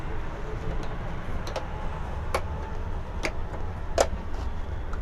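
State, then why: Seated. The plastic frame of an LED TV panel is pressed back onto the set, and its clips snap into their locks one after another. Sharp ticks sound at 1.6, 2.3, 3.2, 4.0 and 4.9 seconds over a low steady hum. The frame is seated properly.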